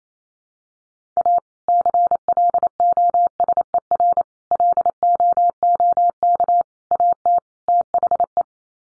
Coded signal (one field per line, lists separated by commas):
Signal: Morse code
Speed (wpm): 28 wpm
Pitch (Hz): 700 Hz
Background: none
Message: A CLOSER LOOK AT THE